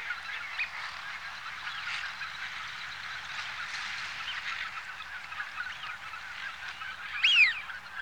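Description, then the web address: Eurasian wigeon flock giving a dense, steady chorus of soft whistles, with one louder clear whistle rising and falling near the end. Large flock. "BBC Sound Effects Library. Wigeon (Anas Penelope)"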